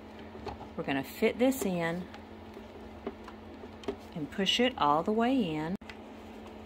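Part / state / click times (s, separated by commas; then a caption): embroidery hoop into embroidery machine carriage arm / seated / 5.9 s. A hooped fabric frame is slid onto the carriage arm of a single-needle embroidery machine and pushed all the way in while someone talks, with small handling taps along the way. At 5.9 s a quiet click is heard as the embroidery hoop latches and seats in the carriage arm.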